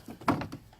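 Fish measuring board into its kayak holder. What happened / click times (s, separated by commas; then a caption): The board knocked firmly into its holder / 0.3 s. A fish-measuring bump board is slid into its holder on a Riot Mako 12 kayak, with light knocks around 0.2 s and a sharp, loud knock at 0.3 s. Softer knocks follow at 0.4 and 0.5 s as the board seats and secures in place.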